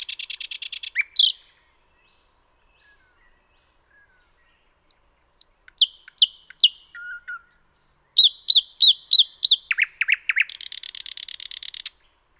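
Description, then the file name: Common nightingale song opening with a buzzy rattle, then scattered high chips and whistles, a rapid run of ticking notes and a long harsh buzzing trill. "Luscinia megarhynchos"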